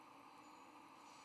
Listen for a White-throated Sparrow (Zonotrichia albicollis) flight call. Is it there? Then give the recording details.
no. No flight call is heard. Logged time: 11:39 on 12 November 2014